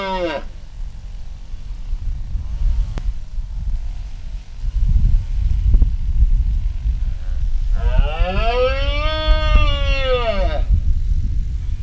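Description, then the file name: Iberian red deer roar: a harmonic, arching bellow that rises and then falls for about three seconds near the end, with a brief call at the start over steady low rumbling noise. One male. "Cervus elaphus hispanicus 1 male"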